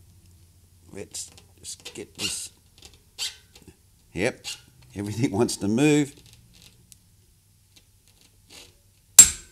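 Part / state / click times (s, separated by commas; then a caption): pedal threaded into bicycle crank arm, tightened with torque wrench / torque reached / 9.2 s. A bicycle pedal threaded into the crank arm is tightened onto its spindle with a click-type torque wrench while someone talks. A few faint knocks and ticks follow, then the wrench gives one sharp, loud click at 9.2 s as it reaches its set torque.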